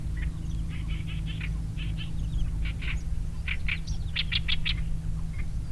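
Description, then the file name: Oriental reed warbler giving harsh, croaking song notes in short repeated groups, ending in a run of loud rasping notes, with low background hum. Two birds singing; Changle, Fujian, China; 5 May 2012. "Oriental Reed Warbler 2 birds Song 120505 Fujian Changle"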